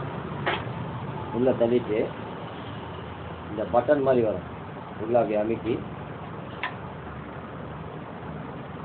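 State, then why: Seated. On a Bajaj NS 200 during chain and rear wheel work, a metal collar with a button-like part is pushed into the motorcycle's rear wheel hub while someone talks. A single sharp hit sounds at 6.6 s as the collar presses in and locks in place.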